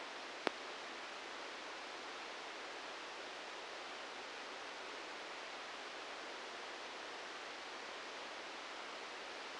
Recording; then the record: brain microelectrode recording played as sound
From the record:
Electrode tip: outside the subthalamic nucleus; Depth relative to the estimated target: 2 mm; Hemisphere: right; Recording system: NeuroSet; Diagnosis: Parkinson's disease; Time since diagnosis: 19 years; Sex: female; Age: 69 years